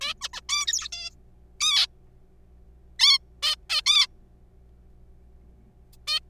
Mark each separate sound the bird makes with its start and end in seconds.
0.01-0.14, 0.21-0.28, 0.33-0.41, 0.49-0.88, 0.92-1.10, 1.60-1.87, 3.00-3.18, 3.42-3.55, 3.70-3.81, 3.86-4.06, 6.08-6.20